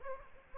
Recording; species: mosquito wingbeat signal from an infrared sensor; Aedes aegypti